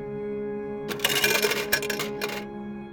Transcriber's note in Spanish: sonido de moneda entrando y cayendo por la ranura de un teléfono público